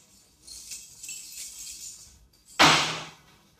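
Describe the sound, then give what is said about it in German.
A bright, metallic jingle of keys shimmers for about two seconds, then a sudden loud clatter cuts in and fades quickly, like the bunch dropping onto a hard surface. “Da sind die Schlüssel.”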